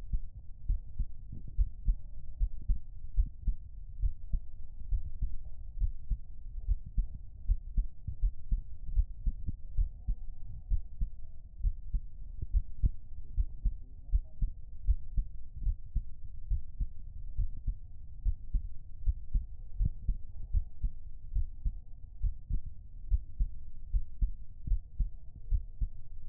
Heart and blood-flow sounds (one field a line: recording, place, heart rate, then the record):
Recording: heart sounds by stethoscope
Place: pulmonary valve (PV)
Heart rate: 76 bpm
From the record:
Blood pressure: 108/69 mmHg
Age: 21 years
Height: 173 cm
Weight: 60 kg